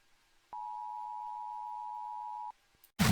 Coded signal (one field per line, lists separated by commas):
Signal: Emergency Alert System (SAME) tones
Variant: 853 and 960 Hz attention tone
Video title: SCP V11 Containment Breach EAS Scenario Part 1